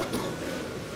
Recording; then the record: coughing mixed with background sound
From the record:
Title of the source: 31 night wet cough